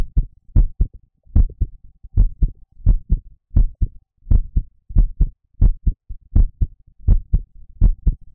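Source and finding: Heart, close microphone (ASMR roleplay). Normal heartbeat.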